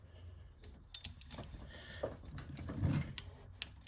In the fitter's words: yeah, you can hear the torque wrench click.